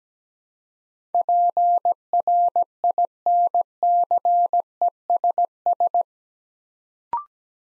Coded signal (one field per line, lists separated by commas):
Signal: Morse code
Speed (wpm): 17 wpm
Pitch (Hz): 700 Hz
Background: none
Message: PRINCESS